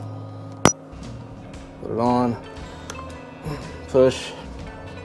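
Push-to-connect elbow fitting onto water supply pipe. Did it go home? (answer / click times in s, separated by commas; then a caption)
no / none. A push-to-connect elbow fitting is handled and pushed onto a water supply pipe while someone talks over background music, with a brief sharp tap near 0.7 s. The fitting has not seated or clicked yet.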